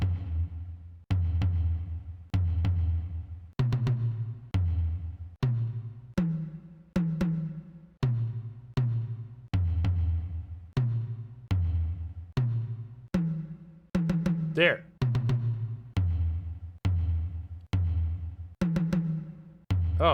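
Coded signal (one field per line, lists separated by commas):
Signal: drum signal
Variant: Rada drum code (fictional)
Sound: steady booming drum strokes, about twenty, alternating higher and lower pitch with long ringing decays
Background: video game audio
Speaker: we're going to go stand right over this guy delivering secret coded messages in drum language and we're going to open our book carefully to the drums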